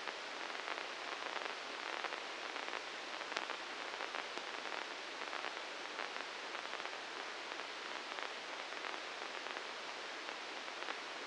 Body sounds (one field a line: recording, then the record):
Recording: brain microelectrode recording played as sound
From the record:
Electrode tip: inside the subthalamic nucleus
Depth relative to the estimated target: -2 mm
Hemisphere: right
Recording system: NeuroSet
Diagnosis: Parkinson's disease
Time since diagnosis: 19 years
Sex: female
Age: 69 years